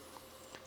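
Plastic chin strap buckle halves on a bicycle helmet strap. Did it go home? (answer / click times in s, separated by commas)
yes / 0.5 s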